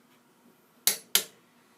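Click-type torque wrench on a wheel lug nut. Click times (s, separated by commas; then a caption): 0.9 s, 1.1 s. A click-type torque wrench tightens the next wheel lug nut until it reaches its torque setting. Two sharp, bright clicks ring out at 0.9 s and 1.2 s over a quiet background. The wrench has clicked at its setting, so the lug nut is torqued.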